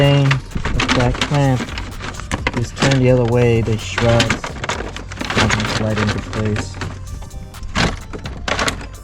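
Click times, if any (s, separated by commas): none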